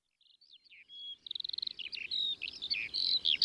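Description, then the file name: Eurasian skylark song: a rapid stream of high chirruping, trilled and buzzy notes, building in loudness. Ardèche, France. "Alouette-Des-Champs-Concerts-Naturels-De-l Ardeche"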